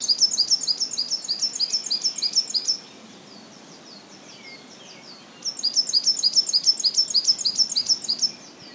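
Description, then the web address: Coal tit song: rapid, high, thin two-note phrases repeated about three times per second in two bursts separated by a short pause. "izumino saunndo higara"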